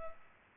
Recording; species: mosquito wingbeat signal from an infrared sensor; Culex pipiens